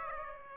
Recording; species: mosquito wingbeat signal from an infrared sensor; Aedes aegypti